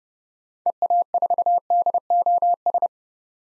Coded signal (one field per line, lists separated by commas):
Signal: Morse code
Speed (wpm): 30 wpm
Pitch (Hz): 700 Hz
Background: none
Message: EA4DOS